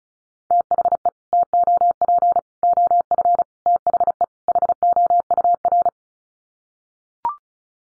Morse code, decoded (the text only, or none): THE TOP OF THE HOUR